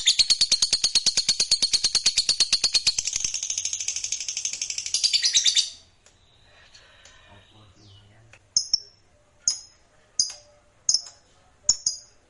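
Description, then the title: Lovebird giving about six seconds of rapid, shrill chattering. After a pause come several sharp, high single chirps spaced under a second apart. Fighter lovebird singing energetically, gacor style. "Berkat SUARA Lovebird FIGHTER GACOR Ini"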